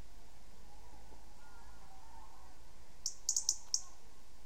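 European robin calls: a quick run of a few short, high, thin ticks near the end, over a steady low rumble of background noise.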